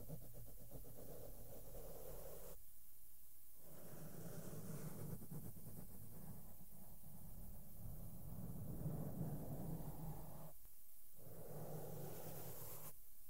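Makeup brushes sweep softly over a microphone, giving a steady, muffled rustle with a low, heavy thump-like rumble. The strokes come in continuous passes, broken by brief near-silent gaps around three, ten and thirteen seconds, with a faint high hiss above.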